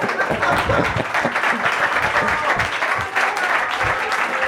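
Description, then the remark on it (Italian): A crowd claps steadily in a dense, sustained burst of applause lasting a few seconds, loud and even throughout with no voices standing out. “Dai, fatemi un applauso.”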